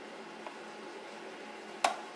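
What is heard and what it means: A steel screw is turned backwards in the aluminum housing of a vacuum brush roll assembly until its thread drops into the existing thread, so it is not cross-threaded. A faint tick comes at 0.5 s over steady background hiss, then a sharp click at 1.9 s as the thread seats.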